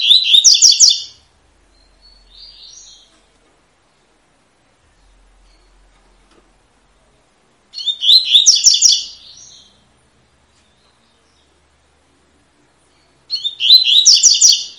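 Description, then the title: Double-collared seedeater repeating its short, bright, rattling warbled phrase three times, with long pauses and soft high notes in the gaps. Tui-tui song style, a teacher song for training young birds. "COLEIRO TUI TUI FIBRA"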